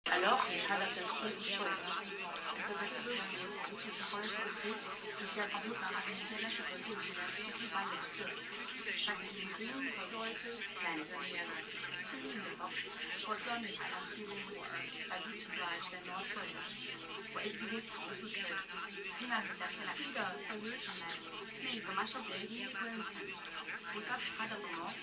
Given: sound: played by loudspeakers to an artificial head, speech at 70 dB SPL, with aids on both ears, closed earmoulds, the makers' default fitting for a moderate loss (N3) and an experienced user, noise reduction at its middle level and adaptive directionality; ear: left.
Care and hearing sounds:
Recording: speech test signal (ISTS) in cocktail-party noise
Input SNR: 0 dB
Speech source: on the right (90 degrees)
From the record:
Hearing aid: class 1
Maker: E

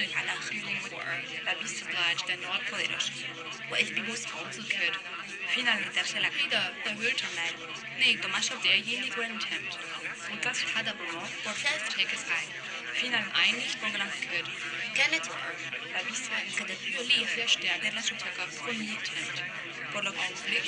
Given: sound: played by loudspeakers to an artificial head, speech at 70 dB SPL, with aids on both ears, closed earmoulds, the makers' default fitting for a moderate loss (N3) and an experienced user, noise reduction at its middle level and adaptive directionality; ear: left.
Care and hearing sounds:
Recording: speech test signal (ISTS) in cocktail-party noise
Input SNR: 0 dB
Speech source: in front (0 degrees)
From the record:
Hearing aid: class 2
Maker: G

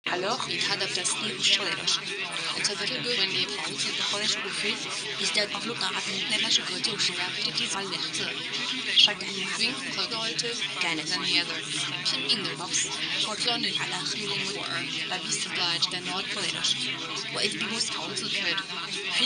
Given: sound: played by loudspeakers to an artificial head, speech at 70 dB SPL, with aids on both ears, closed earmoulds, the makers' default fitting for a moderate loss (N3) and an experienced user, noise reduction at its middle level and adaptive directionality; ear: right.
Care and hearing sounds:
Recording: speech test signal (ISTS) in cocktail-party noise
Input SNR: -3 dB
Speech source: on the right (90 degrees)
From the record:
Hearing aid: class 2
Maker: A

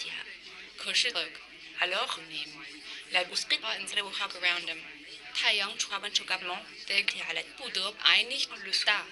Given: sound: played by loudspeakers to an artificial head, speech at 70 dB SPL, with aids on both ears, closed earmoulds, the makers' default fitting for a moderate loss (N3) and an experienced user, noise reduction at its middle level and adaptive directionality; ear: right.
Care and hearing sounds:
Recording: speech test signal (ISTS) in cocktail-party noise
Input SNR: +6 dB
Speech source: in front (0 degrees)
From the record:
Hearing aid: class 2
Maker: B

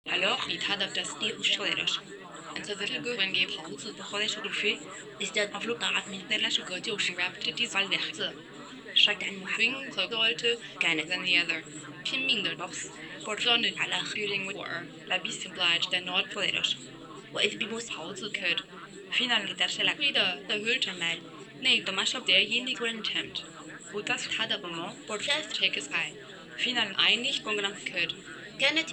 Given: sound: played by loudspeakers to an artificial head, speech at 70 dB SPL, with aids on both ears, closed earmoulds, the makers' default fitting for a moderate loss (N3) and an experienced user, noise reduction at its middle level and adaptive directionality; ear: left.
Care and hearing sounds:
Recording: speech test signal (ISTS) in cocktail-party noise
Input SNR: +3 dB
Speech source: in front (0 degrees)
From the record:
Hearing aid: class 1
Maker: C

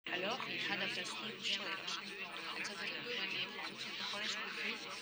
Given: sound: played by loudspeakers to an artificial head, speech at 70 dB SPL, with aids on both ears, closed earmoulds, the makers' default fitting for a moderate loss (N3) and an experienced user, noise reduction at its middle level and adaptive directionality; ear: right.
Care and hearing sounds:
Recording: speech test signal (ISTS) in cocktail-party noise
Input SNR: -6 dB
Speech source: on the right (90 degrees)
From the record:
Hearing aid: class 2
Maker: F

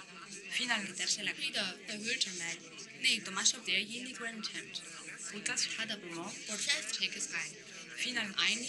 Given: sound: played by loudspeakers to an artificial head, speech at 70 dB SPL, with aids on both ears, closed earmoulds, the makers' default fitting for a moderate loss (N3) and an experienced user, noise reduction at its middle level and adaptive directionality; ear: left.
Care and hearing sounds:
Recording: speech test signal (ISTS) in cocktail-party noise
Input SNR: +3 dB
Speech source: in front (0 degrees)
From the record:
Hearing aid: class 1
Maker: J

